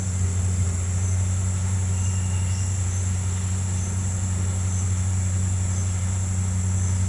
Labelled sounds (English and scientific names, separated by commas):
none